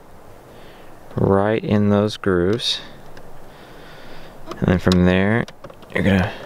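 An LED interior light housing for the tailgate trim panel of a BMW E90/E91 is handled as someone talks about sliding it into its grooves. A brief faint tap is heard at about 3.2 s. Nothing has seated or clicked yet.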